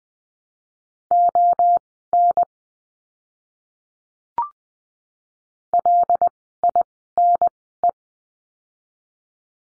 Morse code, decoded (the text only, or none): ON LINE